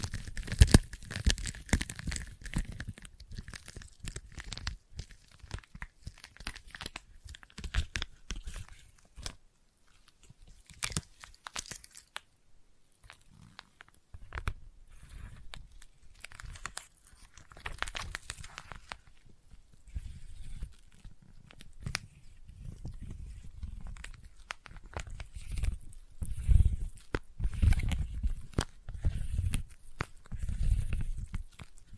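Sticky tapping and sticky sounds come in quick bursts of crackly, peeling clicks, thick and busy in the first few seconds, then sparser around ten to twelve seconds. Activity builds again later, with dense tearing, crinkly textures and some low thumps toward the end.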